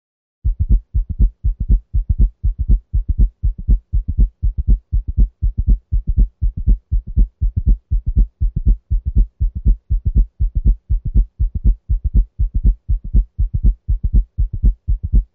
Listen to S4 at the left apex using the bell of the stethoscope. The cadence of the sounds is 4, 1, 2. 120 beats per minute.